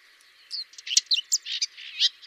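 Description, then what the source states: Common whitethroat song, a brief scratchy, chattering phrase of quick harsh notes lasting under two seconds. Song variant 5.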